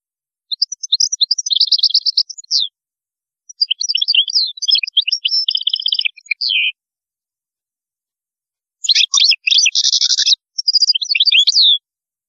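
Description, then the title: European goldfinch song in several phrases of rapid twittering and rattling buzzy notes, with a longer gap before the last part. "Chant Chardonneret"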